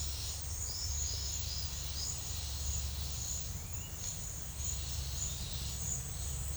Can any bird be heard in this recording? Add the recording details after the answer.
yes. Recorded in secondary vegetation near Puerto Asís, Putumayo, Colombia, on 28 February 2025 at 10:30. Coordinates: 0.498, -76.327. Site G001